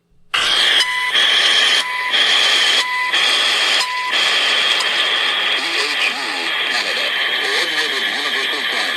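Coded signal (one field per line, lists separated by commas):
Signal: radio time signal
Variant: CHU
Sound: four short 1 kHz tone ticks once a second over hiss, then hissy static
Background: radio static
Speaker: I've got a couple short um uh clips here that I'm going to play and this is a typical broadcast with an English voice announcement.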